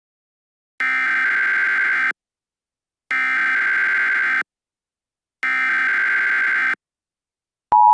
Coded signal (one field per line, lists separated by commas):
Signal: Emergency Alert System (SAME) tones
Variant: header bursts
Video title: The Ultimate Derecho - An EAS Scenario